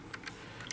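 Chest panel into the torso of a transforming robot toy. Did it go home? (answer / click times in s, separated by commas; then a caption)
no / none. The plastic chest piece of a Takara Tomy Transformers MP-27 Ironhide toy is pressed against the torso to close a visible gap. Faint plastic contact ticks sound at about 0.1, 0.3, 0.6 and 0.7 seconds. The panel looks made to snap in but does not, and nothing has seated or clicked yet.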